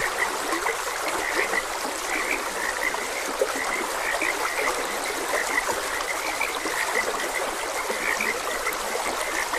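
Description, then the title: Frog croaks, brief pulsed notes repeated by several callers throughout, set against continuous trickling, rushing water. Frogs croaking beside a gentle stream. "Gentle Stream and Frogs Croaking"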